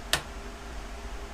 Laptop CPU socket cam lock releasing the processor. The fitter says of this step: to unlock a socket you insert a flathead screwdriver and give it a Twist to the left till you hear a click you